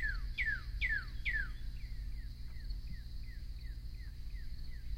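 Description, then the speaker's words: Northern Cardinal song: loud clear whistled notes slurring downward, repeated about twice a second, then a longer, softer run of short downslurs at the same pace. Recorded at close range; loud, rhythmical song with a good glissando; cardinals sing just before sunrise; common resident of suburban neighborhoods, often at backyard bird feeders. "The cardinal's song is loud and rhythmical with a good glissando, as we will hear from a cardinal at close range."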